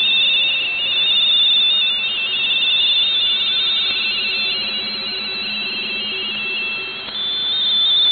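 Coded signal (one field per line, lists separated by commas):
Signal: RTTY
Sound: two overlapping fast warbling two-tone chatters, steady throughout, over faint hiss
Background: radio static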